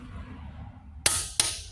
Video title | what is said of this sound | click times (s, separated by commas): Kobalt Torque Wrenches | and let you hear the click when you crank the torque up a little bit. | 1.1 s